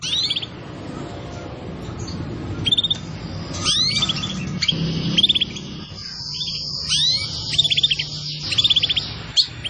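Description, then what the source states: Canary song of repeated rising whistles and short rapid trills in changing phrases, over a steady low background hum. Recording used as a bird lure.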